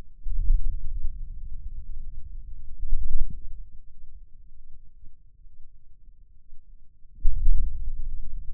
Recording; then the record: forearm muscle sounds (acoustic myography)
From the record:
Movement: wrist flexion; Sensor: system 2, bracelet of six BSWA MPA416 microphones around the upper forearm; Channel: 5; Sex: male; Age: 22 years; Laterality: right